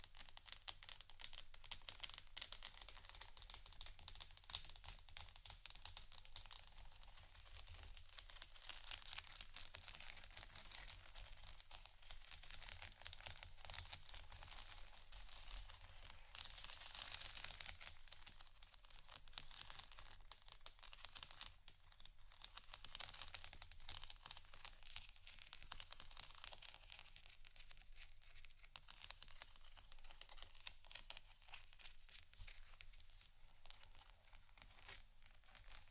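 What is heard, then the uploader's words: Continuous scratching and tapping on a textured surface, a dense crinkly patter of small bright strokes with no real pauses. A slightly louder, brighter burst of scratching comes around seventeen seconds. A low steady hum sits underneath throughout. ASMR Scratching & Tapping Textured Surfaces （No Talking）.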